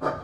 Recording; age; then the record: pig call; growing-finishing pig (85 days or more)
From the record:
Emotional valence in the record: positive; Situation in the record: run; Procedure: transit